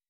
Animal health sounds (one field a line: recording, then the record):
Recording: hydrophone in a shrimp aquaculture tank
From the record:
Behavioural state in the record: weakened